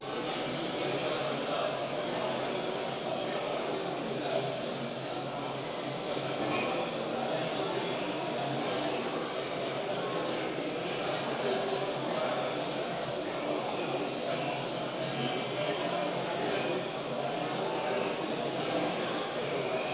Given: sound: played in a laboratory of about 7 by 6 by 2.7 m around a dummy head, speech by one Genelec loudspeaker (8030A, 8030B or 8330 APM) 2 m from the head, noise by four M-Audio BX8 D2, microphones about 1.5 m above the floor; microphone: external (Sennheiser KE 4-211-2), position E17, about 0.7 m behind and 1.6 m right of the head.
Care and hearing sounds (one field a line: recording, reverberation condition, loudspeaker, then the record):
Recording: cafeteria noise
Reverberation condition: high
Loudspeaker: four, about 170 cm from the corners of the room and facing them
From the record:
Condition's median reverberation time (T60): about 1300 ms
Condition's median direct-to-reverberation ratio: about -4.0 dB